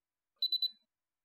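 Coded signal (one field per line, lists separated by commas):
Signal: beep code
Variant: iCare HOME tonometer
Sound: three quick high-pitched electronic beeps in rapid succession, with a faint click before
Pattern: 3 short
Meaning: Device is turning off after the power button is held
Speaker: press and hold down the power button until you hear three beeps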